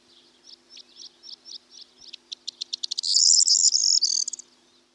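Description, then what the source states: Corn Bunting song: a series of short high ticking notes that speed up, then break into a dense, jangling, rattling flourish before stopping. Song said to sound like a jangling set of keys, sung loudly by males perched on bush tops; recorded by Lawrence Shove, made available by the British Library.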